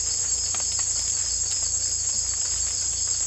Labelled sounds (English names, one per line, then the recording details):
none
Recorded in secondary vegetation near Puerto Asís, Putumayo, Colombia, on 18 December 2024 at 01:00
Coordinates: 0.488, -76.319
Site GP04